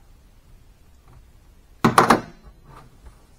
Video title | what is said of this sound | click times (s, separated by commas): HYDRAULIC CYLINDER WITH LOAD HOLD VALVE. | and it pops right in there that is the handiest as pocket on shirt | 1.8 s, 2.0 s